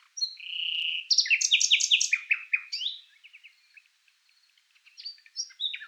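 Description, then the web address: Common nightingale singing a steady whistled note, then a rapid run of loud, sharp repeated chirps, followed by softer scattered twittering phrases. "Ruiseñor común"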